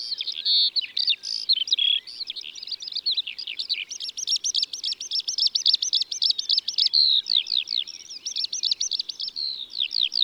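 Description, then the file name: Eurasian skylark song, a continuous high, rapid stream of chirps, trills and slurred whistles, with bursts of fast repeated notes and downward slurs, pouring on without pause. "Alouette des champs ABC des chants doiseaux"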